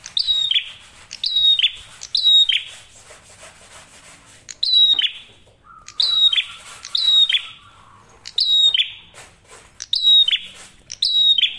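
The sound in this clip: Prinia song of repeated whistled, falling buzzy phrases, with a short pause midway and a steady lower hum-like tone under the later phrases.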